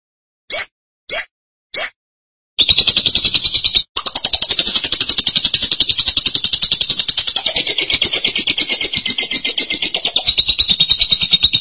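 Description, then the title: Lovebird song: three separate sharp squeaks, then a long, dense, rapid buzzy twitter that slides gently downward in pitch. "BM Suara Burung Lovebird"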